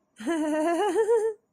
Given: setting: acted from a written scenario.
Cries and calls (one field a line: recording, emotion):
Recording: vocal sound without words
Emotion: amusement